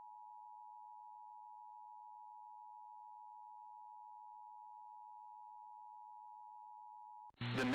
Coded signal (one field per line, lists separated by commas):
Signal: Emergency Alert System (SAME) tones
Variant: 853 and 960 Hz attention tone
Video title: Chaotic Hellstorm II Slight Risk Day| EAS Alerts From 11/10/2020 (EAS #101-121)